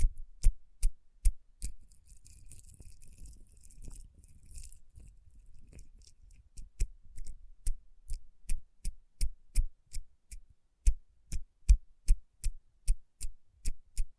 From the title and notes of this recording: ASMR Tapping & Rubbing Rhinestone Covered Palms.